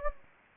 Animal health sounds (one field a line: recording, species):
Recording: mosquito wingbeat signal from an infrared sensor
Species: Anopheles gambiae